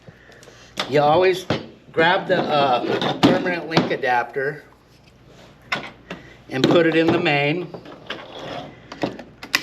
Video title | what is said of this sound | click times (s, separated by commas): TDU Copper Testing | right there you'll hear it click | 9.6 s